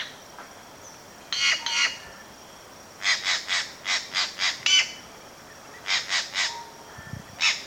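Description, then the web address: Inca Jay calling with loud, raspy notes in short quick runs separated by pauses. Ecuador. "Birds of Ecuador. Inca Jay"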